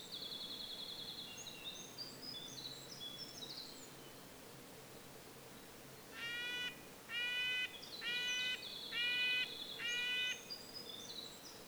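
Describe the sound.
Red-breasted nuthatch giving five nasal, honking toots in a regular run, after and alongside high thin twittering from another bird.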